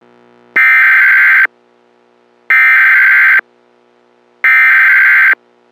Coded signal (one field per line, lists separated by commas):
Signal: Emergency Alert System (SAME) tones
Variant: header bursts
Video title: EAS Scenario #9 - World War III (Part 2)